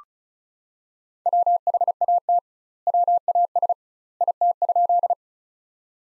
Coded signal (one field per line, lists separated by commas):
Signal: Morse code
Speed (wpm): 34 wpm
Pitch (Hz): 700 Hz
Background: none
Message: WHAT WAS IT?